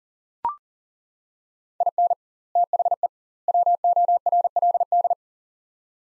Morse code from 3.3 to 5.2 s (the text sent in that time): WORLD